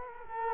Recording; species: mosquito wingbeat signal from an infrared sensor; Culex quinquefasciatus